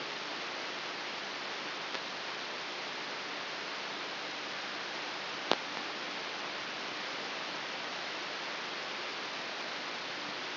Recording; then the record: brain microelectrode recording played as sound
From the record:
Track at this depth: inside the subthalamic nucleus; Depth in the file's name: 3.099 mm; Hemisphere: left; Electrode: 3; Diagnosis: Parkinson's disease